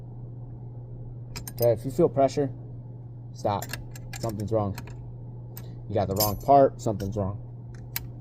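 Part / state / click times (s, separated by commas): ignition part into truck steering column / seated / 8.0 s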